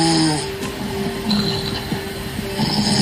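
Normal, ordinary snoring from an adult sleeper, with no problem indicated.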